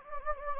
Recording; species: mosquito wingbeat signal from an infrared sensor; Anopheles gambiae